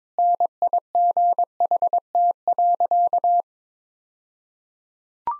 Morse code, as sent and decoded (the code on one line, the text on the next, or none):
-. .. --. .... - .-.-.-
NIGHT.